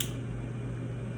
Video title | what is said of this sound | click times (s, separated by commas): Glucometer Demo | hear that click. That click means that it did prick the finger and it retracted back inside. | 0.0 s